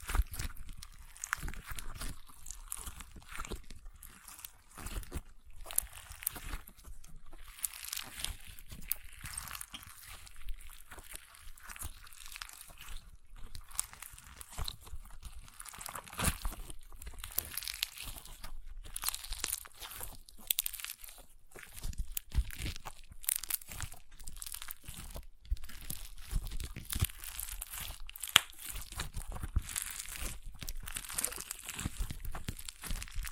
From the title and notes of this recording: ASMR Satisfying Crunchy Slime (No Talking).